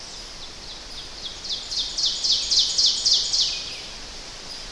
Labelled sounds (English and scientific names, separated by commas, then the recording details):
Ovenbird (Seiurus aurocapilla) song
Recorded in boreal forest in Alberta, Canada, on 10 June 2016 at 06:54
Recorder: SongMeter 3, array SBT-3-39
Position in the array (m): 198 m, 75 m
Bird 17